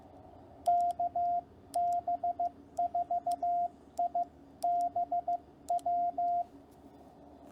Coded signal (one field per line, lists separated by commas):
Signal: Morse code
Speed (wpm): 15 wpm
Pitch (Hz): 700 Hz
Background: radio noise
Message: KB4IBW